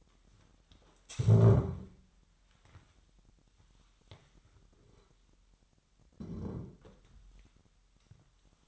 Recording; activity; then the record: daily activity, microphone in the room; stand up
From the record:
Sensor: 3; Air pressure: 998.5 hPa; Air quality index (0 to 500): 129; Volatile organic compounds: 4 ppm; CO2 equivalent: 1543 ppm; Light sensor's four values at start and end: 9/20/9/9 and 11/22/11/13